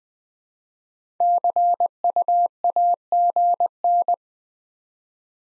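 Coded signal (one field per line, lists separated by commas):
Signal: Morse code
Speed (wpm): 20 wpm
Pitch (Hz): 700 Hz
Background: none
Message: CU AGN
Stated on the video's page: Morse code QSO elements at 20 wpm, each sent, spoken, then sent again.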